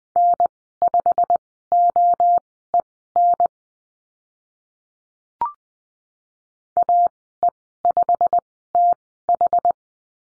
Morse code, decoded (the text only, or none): N5OEN AE5TH